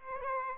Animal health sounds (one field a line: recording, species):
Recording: mosquito wingbeat signal from an infrared sensor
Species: Aedes albopictus